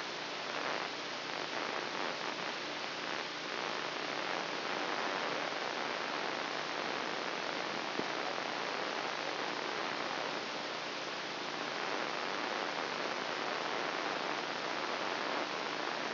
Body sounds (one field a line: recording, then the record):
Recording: brain microelectrode recording played as sound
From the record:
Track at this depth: inside the subthalamic nucleus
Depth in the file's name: 4.706 mm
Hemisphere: left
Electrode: 2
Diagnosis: Parkinson's disease